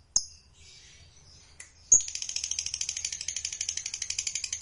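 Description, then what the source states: Lovebird song, a few sharp chips with pauses, then a rapid rhythmic high chatter starting up and continuing to the end. Lovebird sound used to stimulate a lazy lovebird that is not singing to start singing spontaneously.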